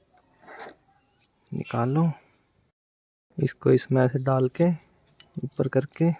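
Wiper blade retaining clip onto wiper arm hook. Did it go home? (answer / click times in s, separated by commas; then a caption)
no / none. A frameless wiper blade is hooked onto the wiper arm of a Brezza and pulled up, and its plastic retaining clip is being pressed back toward place to lock it. Someone talks throughout, with faint handling sounds between phrases. The clip ends before the retaining clip goes home, so nothing has seated or clicked yet.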